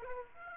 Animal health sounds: mosquito wingbeat signal from an infrared sensor; Aedes aegypti

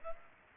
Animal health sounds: mosquito wingbeat signal from an infrared sensor; Aedes aegypti

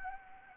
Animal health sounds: mosquito wingbeat signal from an infrared sensor; Anopheles gambiae

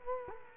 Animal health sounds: mosquito wingbeat signal from an infrared sensor; Culex quinquefasciatus

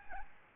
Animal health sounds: mosquito wingbeat signal from an infrared sensor; Aedes albopictus

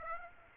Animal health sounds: mosquito wingbeat signal from an infrared sensor; Aedes aegypti

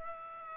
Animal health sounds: mosquito wingbeat signal from an infrared sensor; Aedes aegypti

